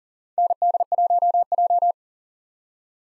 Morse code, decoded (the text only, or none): ND1J